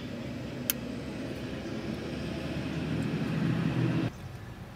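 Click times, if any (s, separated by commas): 0.7 s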